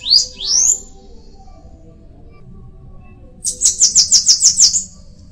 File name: canto da cambacica